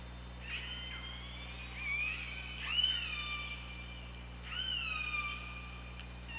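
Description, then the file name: Killer whale pulsed calls: a few harmonic-rich calls with a bending, slightly rising then falling tone, over a steady low hydrophone hum. OrcaLab hydrophone, 24 August 2017, 15:21. "Orca Lab 20170824 152105"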